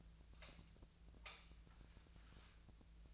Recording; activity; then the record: daily activity, microphone in the room; light off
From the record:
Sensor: 2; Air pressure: 1009.6 hPa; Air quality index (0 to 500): 180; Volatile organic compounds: 10 ppm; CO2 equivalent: 2245 ppm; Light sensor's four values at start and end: 32/84/36/38 and 27/66/29/31